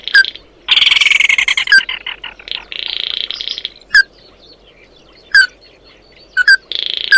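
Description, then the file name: Bird calls: short, sharp downslurred notes scattered between harsh buzzy bursts, with a loud rasping passage near the start. "Tieng chim mat do"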